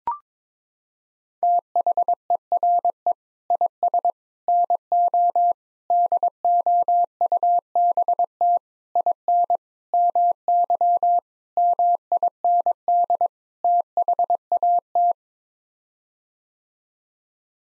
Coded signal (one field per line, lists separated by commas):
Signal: Morse code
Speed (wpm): 22 wpm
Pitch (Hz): 700 Hz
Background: none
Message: THERE IS NO DOUBT IN MY MIND THAT